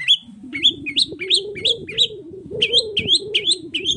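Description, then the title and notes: Long-tailed shrike song: quick series of rising, slurred high notes with a short pause midway, over a low rumble. Morning song with full "toet toet" variations from a constantly singing (gacor) bird, used as a lure to provoke other long-tailed shrikes to answer. "Langsung NYAUTTTTT ! Cendet Gacor Dor Di Kala Pagi Toet Toet Variasi Suara. Pancingan Emosi Cendet Gacor Full Variasi Toet Toet Bikin Nyaut Cendet Lain Langsung Ikutan Bunyi. Burung cendet"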